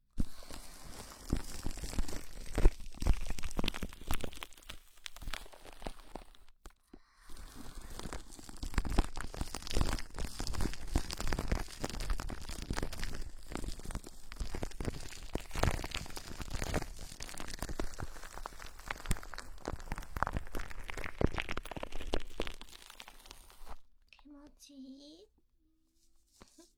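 Foam cling wrap is crumpled and rubbed in dense, crackly bursts of crinkling and rustling that run almost without pause. Brief gaps fall near 7 seconds, and the crinkling stops around 24 seconds, leaving near silence with a few faint soft sounds at the end.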